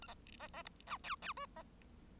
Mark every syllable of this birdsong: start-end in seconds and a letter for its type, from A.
0.02-0.07 A, 0.39-0.48 B, 0.53-0.62 B, 0.65-0.69 C, 0.86-0.97 D, 1.03-1.16 E, 1.22-1.33 E, 1.36-1.46 F, 1.56-1.63 B